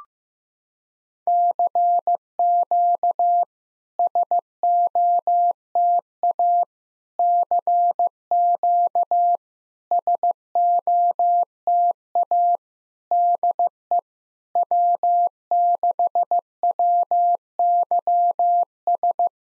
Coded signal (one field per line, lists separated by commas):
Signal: Morse code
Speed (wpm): 15 wpm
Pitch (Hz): 700 Hz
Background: none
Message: CQ SOTA CQ SOTA DE W6WYS